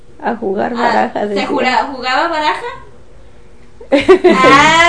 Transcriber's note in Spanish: risas